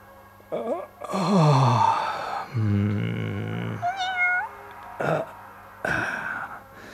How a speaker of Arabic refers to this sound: إحدى القطط إلى جواره تموء من آن لآخر.